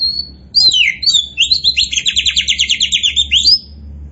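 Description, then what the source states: Oriental magpie-robin song: a thin whistle and quick descending notes leading into a rapid, buzzy trill of many pulses, closing with an upward whistle. Kacer poci type, singing vigorously ('gacor').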